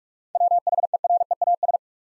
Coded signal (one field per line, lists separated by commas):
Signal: Morse code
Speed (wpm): 46 wpm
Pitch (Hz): 700 Hz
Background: none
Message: WHEREAS